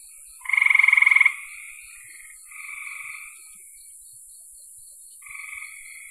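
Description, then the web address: Frogs calling: a loud pulsed trill near the start, followed by softer trills from other frogs, with a constant high hiss behind. "cn frogs"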